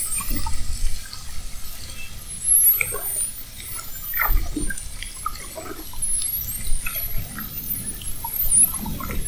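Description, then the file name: Spinner dolphin whistling, faint high sweeping tones scattered throughout over strong low-pitched underwater noise. Whistles at Fernando de Noronha. "Sons rotadores FN assovios"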